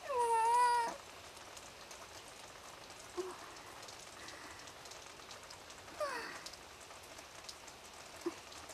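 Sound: rain falling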